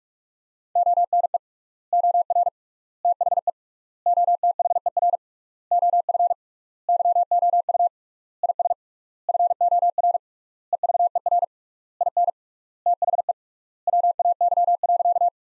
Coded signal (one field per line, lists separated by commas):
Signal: Morse code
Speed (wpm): 42 wpm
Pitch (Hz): 700 Hz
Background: none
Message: ONE OR THE OTHER OF YOU IS FOR EVER IN THE WAY.